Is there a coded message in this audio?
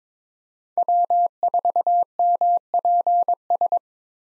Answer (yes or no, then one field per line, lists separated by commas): yes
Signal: Morse code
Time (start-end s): 0.8-3.8 s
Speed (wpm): 22 wpm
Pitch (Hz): 700 Hz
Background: none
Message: W4MPS